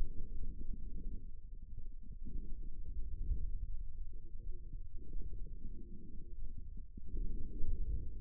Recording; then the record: forearm muscle sounds (acoustic myography)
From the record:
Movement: inward rotation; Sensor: system 2, bracelet of six BSWA MPA416 microphones around the upper forearm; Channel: 3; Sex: male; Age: 22 years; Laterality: right